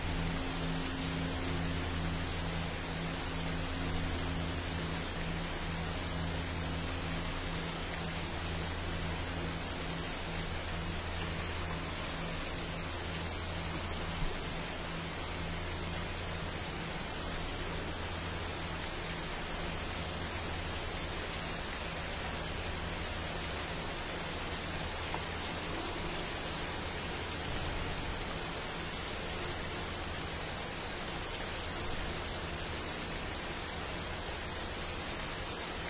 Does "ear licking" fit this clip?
no